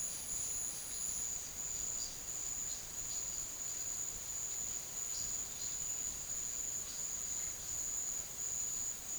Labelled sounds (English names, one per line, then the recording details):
none
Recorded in secondary vegetation near Puerto Asís, Putumayo, Colombia, on 24 March 2025 at 13:00
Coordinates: 0.489, -76.322
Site G042